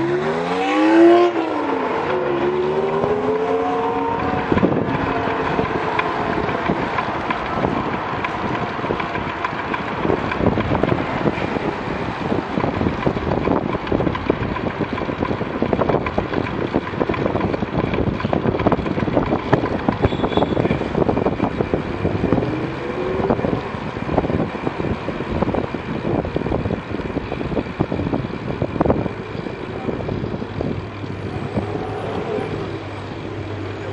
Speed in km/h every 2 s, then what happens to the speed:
17, 20, 18, 23, 24, 24, 28, 27, 28, 27, 24, 23, 19, 21, 15, 13, 10.
0-17 speeds up to 28. 17-34 slows to 10.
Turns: none.